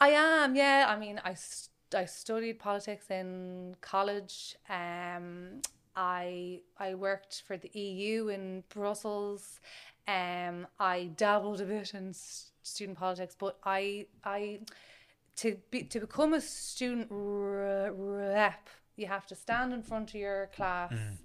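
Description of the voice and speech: An adult woman talking with repeated words, a stretched 'r' and silent blocks before words: adult stuttering (stammering).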